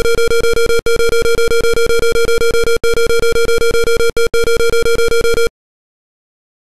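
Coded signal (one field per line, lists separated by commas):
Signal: none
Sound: game sound effects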